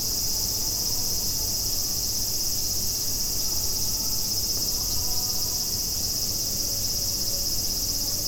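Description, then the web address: Cicada buzzing as a constant high-pitched drone without breaks, accompanied by low steady hum and a brief faint tonal sound midway. Recorded 29 July 2016. "fukudai fu coop cicada"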